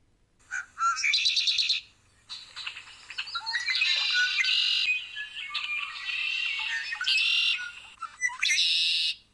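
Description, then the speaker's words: Red-winged blackbird songs and calls: harsh buzzy bursts, rattling trills and sharp chirps in quick succession, with some clear whistled notes between the rough phrases. Has many different songs and calls and communicates a lot by voice; males are territorial. "The red-winged blackbird has many different songs and sounds. Here are some of them."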